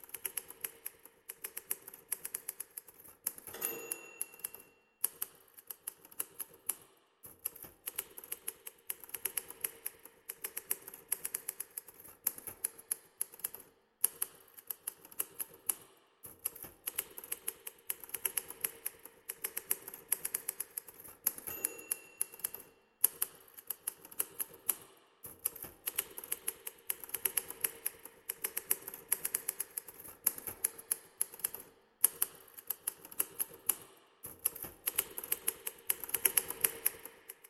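A typewriter clacks in rapid, uneven bursts of crisp, bright keystrokes, pausing briefly around five, fourteen and thirty-two seconds.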